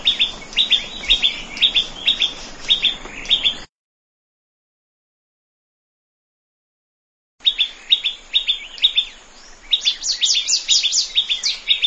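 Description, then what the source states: Plain Prinia song: quick chirp pairs for several seconds, a silent gap of nearly four seconds, then more chirps with a higher rising burst near the end. Recorded in a rice field.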